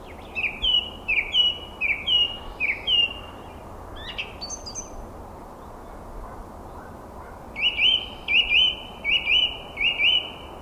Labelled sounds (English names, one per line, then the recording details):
Song Thrush song
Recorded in the wild
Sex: male
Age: adult
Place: Garmisch-Partenkirchen, Bayern, DE
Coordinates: 47.4944, 11.1631
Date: 1962-04-22
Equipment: Stellavox SM 5, AKG D19-200, Vorverstärker, Original, Vollspur
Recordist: Tretzel, Erwin